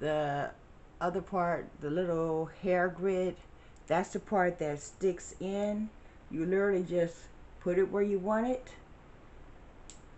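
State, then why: Seated. A small metal spring snap clip on a clip-in hair extension is placed in the hair and pressed closed. Someone talks for most of the clip, then after a pause the clip gives a short, faint tick at 9.9 s as it seats shut.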